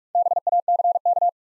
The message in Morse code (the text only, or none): BACK